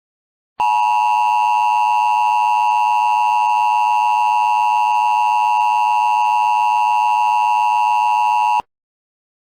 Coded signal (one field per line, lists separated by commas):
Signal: Emergency Alert System (SAME) tones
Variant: 853 and 960 Hz attention tone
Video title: The Disappearences: An EAS Scenario (collab between me and Randomnicious)